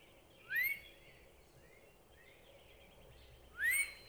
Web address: birdsongforthecurious Northern Cardinal